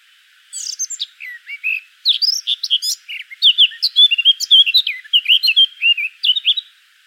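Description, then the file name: Eurasian blackcap: soft subdued twittering builds into a loud, rich series of whistled notes lasting several seconds. "Sylvia atricapilla"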